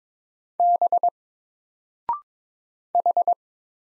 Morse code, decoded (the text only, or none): B H